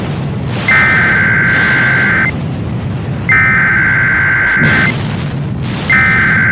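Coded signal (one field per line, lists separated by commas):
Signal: Emergency Alert System (SAME) tones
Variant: header bursts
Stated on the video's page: Fictional EAS scenario.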